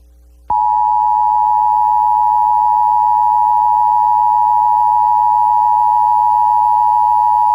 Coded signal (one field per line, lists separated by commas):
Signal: Emergency Alert System (SAME) tones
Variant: 853 and 960 Hz attention tone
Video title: Pennsylvania Required Monthly Tests (3/17/22)(EAS 1130-1135)